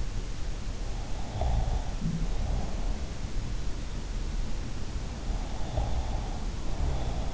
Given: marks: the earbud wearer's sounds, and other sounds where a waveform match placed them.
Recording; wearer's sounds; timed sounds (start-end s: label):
sounds in sleep by an in-ear microphone; breath
1.30-2.82 s: breath
5.71-7.34 s: breath